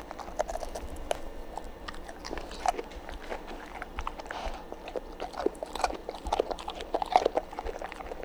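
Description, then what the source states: Dog chewing and chomping, with dense irregular crunches and wet clicks, some louder bites standing out, continuing throughout. Dog eating and chomping.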